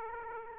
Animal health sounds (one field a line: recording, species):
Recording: mosquito wingbeat signal from an infrared sensor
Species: Aedes aegypti